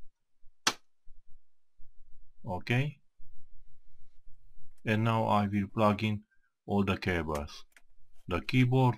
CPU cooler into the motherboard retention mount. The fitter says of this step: press it on till i hear a click ok